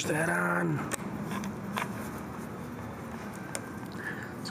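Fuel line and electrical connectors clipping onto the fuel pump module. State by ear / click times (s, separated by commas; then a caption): seated / 1.8 s, 3.5 s. On a 2007 Ford Ranger, the fuel line and electrical connectors and the plastic retaining clips are snapped back onto the fuel pump module after it is refitted in the tank. Someone talks briefly at the start, then short, sharp plastic snaps come at 1.8 s and 3.6 s. Everything is locked into place.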